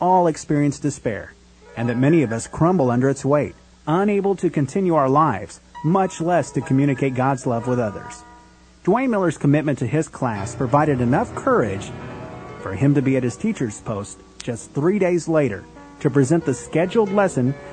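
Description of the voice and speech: Clear, fluent adult male narration with steady pitch and natural pauses; ordinary healthy voice.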